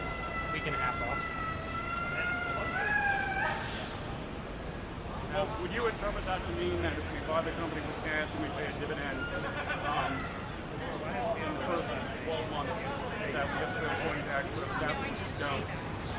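A walk from Grand Central to Times Square: a steady, dense street bed of traffic rumble and overlapping voices. A siren rises and falls over the first four seconds, then fades. Chatter and passing footsteps continue to the end, with a brief high whine near nine seconds.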